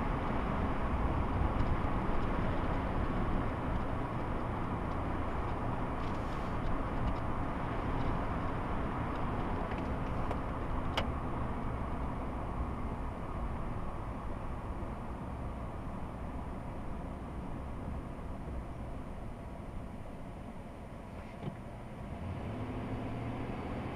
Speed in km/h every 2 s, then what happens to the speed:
63, 63, 61, 60, 56, 47, 40, 34, 26, 16, 18, 26.
0-7 steady at about 61. 7-18 brakes to 16. 18-24 speeds up to 26.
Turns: none.